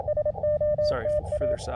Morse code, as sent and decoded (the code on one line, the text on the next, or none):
... --- - .-
SOTA